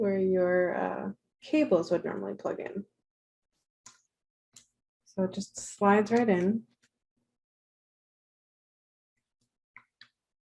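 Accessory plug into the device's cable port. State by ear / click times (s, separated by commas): seated / 9.8 s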